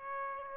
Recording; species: mosquito wingbeat signal from an infrared sensor; Aedes aegypti